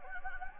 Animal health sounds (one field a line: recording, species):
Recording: mosquito wingbeat signal from an infrared sensor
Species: Anopheles gambiae